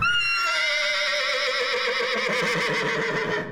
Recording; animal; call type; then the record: contact call of a hoofed animal; horse; whinny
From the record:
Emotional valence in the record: negative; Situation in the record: group separation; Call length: 3.5 s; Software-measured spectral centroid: 2850 Hz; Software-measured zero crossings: 4180 a second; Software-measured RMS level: -24 dBFS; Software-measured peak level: -13 dBFS